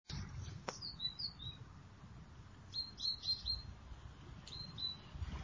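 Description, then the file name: Great tit calls: short, thin, high notes in quick little clusters, about three bursts throughout, over a low steady rumble of background noise. "Parus major"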